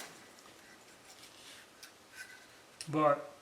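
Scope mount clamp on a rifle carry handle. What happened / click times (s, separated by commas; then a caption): Handled, not yet home: the metal clamp mount is still being adjusted and has not locked / none. A Barska retro scope's carry handle mount on an M16-style rifle is handled while its clamp knob is tightened to draw the mount's metal part down onto the rifle's carry handle. Quiet handling noises include a faint tick around 1.8 s, and someone talks near the end. Nothing has seated or clicked into place yet.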